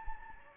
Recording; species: mosquito wingbeat signal from an infrared sensor; Anopheles gambiae